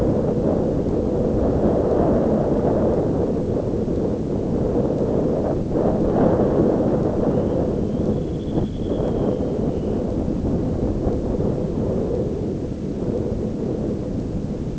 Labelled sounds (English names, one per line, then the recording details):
Dunlin
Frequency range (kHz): Dunlin 2.0-4.5 kHz
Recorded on Arctic tundra, site ZACK-1, on 9 June 2019
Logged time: 13:49